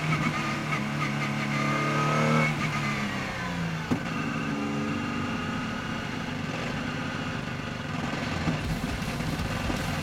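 Engine sound recorded inside a car, loud and continuous throughout. The engine note climbs in pitch during the first two seconds, drops around two and a half seconds as if shifting, then climbs again, with a brief sharp knock near four seconds.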